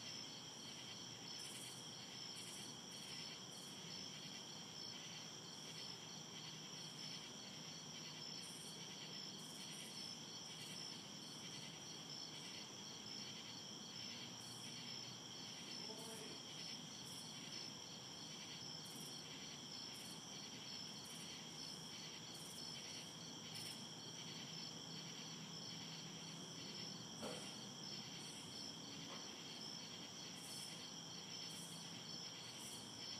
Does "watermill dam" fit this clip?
no